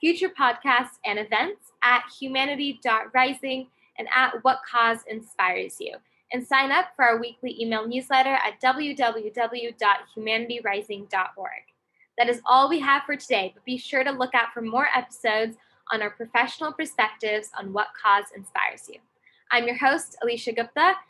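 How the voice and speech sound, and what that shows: One adult woman speaking clearly and fluently, at an even pace with natural pauses: ordinary speech.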